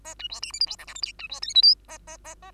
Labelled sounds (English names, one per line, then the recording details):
Bengalese Finch song
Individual Bird2